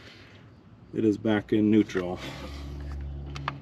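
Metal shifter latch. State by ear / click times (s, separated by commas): seated / 3.5 s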